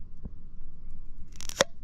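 A screwdriver tip is wedged under the edge of a metal twist-off lid on a glass jar of cherry compote and twisted. A faint tap at about 0.3 s and brief scraping clicks around 1.4–1.5 s lead to a sharp pop at 1.6 s as air gets in and the lid rises. The jar's vacuum is released.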